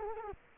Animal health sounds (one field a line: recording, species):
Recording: mosquito wingbeat signal from an infrared sensor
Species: Culex quinquefasciatus